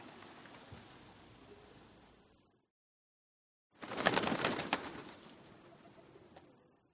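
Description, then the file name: Pigeon wingbeats: soft, fading flutter, a pause of silence, then a sharp burst of clapping and flapping wings as a flock rises, gradually dying down. A flock of pigeons rising softly into flight. "smartsound ANIMAL BIRD Pigeons"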